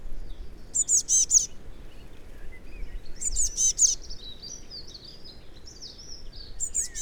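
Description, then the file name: Eurasian blue tit call: rapid bursts of high, sharp, thin notes, about three phrases a few seconds apart, the last cut off at the end, with faint chirps and low rumbling noise underneath. "Cyanistes caeruleus"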